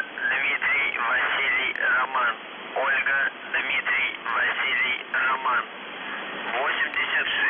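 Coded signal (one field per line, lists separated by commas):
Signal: numbers station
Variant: UVB-76, Russian voice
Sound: a voice reading words over a narrow, radio-filtered channel, with brief pauses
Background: radio static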